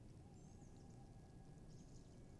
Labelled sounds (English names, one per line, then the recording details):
Tawny Owl
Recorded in Germany
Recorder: ecoPi